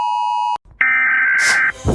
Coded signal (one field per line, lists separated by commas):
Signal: Emergency Alert System (SAME) tones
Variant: header bursts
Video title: Ranking EAS Alarm in Defrant contrys